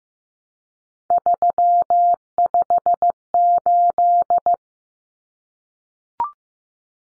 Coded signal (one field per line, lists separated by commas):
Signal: Morse code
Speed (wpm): 15 wpm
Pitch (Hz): 700 Hz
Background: none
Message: 358